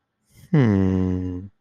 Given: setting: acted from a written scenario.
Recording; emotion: vocal sound without words; contentment